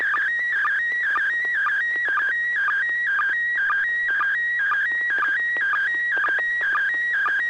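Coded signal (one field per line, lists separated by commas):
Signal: SSTV (slow-scan television)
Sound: warbling two-pitch tone with short low chirps repeating about twice a second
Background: low hum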